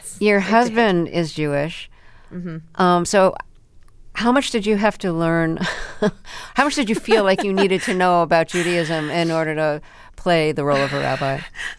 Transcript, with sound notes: Your husband is Jewish. So how much did you have to learn - (laughter) how much did you feel like you needed to know about Judaism in order to play the role of a rabbi?